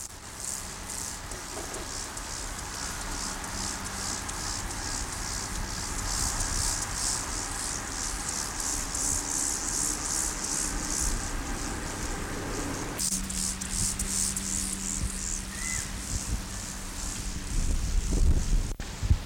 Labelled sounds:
Meadow Grasshopper (Chorthippus parallelus) stridulation

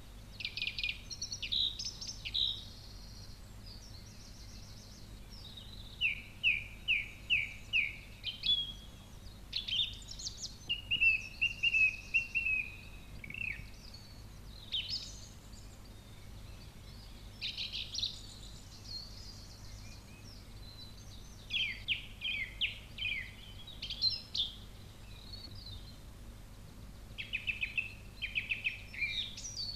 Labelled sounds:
Song Thrush (Turdus philomelos) song

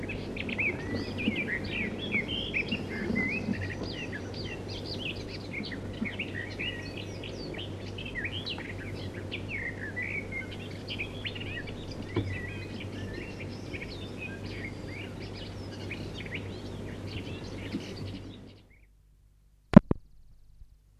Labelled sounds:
Willow Warbler (Phylloscopus trochilus) song

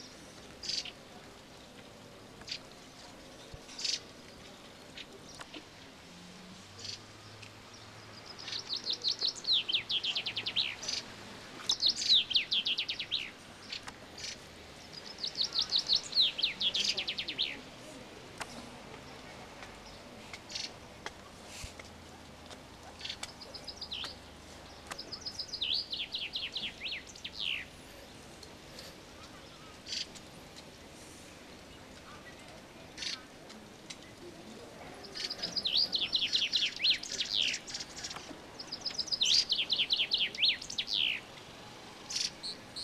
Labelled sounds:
Common Chaffinch (Fringilla coelebs) song

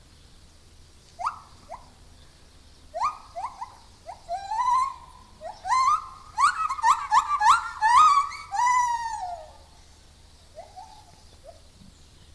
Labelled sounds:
Lar Gibbon (Hylobates lar) call

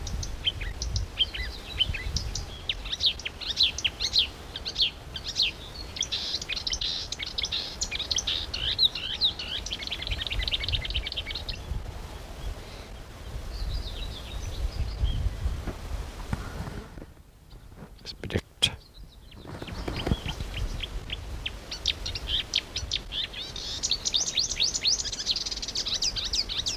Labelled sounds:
Marsh Warbler (Acrocephalus palustris) song

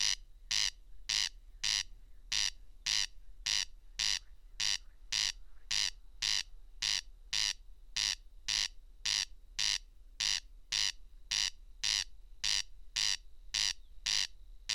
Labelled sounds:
Corn Crake (Crex crex) song

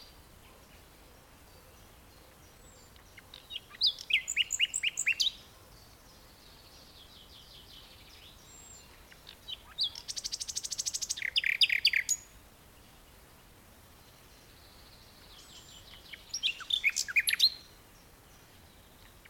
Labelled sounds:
Common Nightingale (Luscinia megarhynchos)

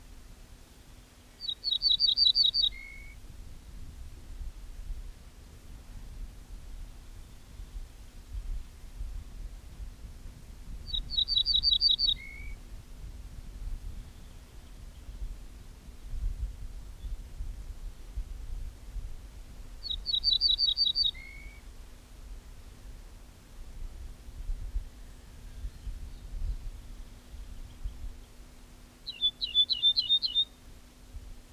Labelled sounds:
Ortolan Bunting (Emberiza hortulana) song

